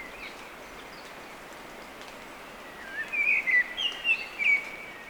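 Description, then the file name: Eurasian blackbird giving a short run of about six clipped, chirpy call notes in quick succession over a steady hiss of background noise. "Turdus merula"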